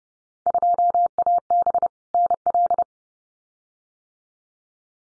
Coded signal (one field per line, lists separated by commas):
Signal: Morse code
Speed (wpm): 32 wpm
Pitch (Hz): 700 Hz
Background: none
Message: 2AB NL